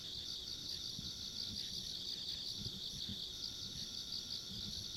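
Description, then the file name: Insects in a steady high trill chorus, pulsing evenly throughout, with occasional low knocks and rumble beneath. Ambient insect sounds along a rural country road. "田舎道の虫の環境音"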